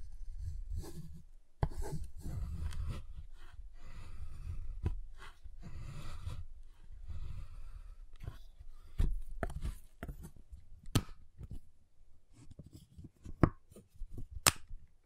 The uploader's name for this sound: Giant Chocolate Bar Tapping, Cutting, Snapping Sounds